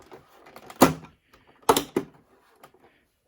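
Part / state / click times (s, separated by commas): plastic rear cover clips into PC chassis / seated / 0.8 s, 1.7 s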